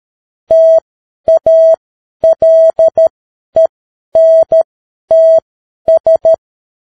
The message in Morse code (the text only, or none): TALENTS